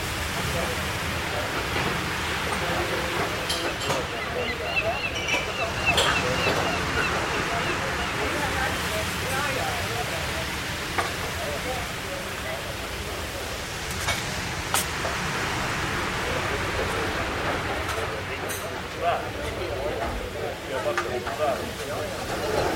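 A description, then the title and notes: Seaside café ambience: steady murmur of chatter over a constant ocean-wave wash, with sharp clinks of cups every few seconds. Seaside Coffee Shop Ambience: Cafe & Ocean Waves Sounds.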